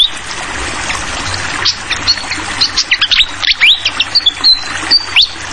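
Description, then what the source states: Malaysian pied fantail song: soft start, then jumbled rising whistles and high thin slurred notes over the sound of flowing water. Tutoring track (masteran) for training songbirds; clear-voiced song mixed with the sound of trickling water.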